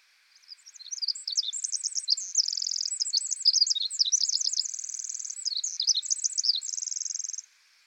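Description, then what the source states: Pacific wren in a long, complex song of high tumbling notes alternating with buzzy steady trills, running about seven seconds without a break. Very loud, lively bird that sings almost constantly in forest.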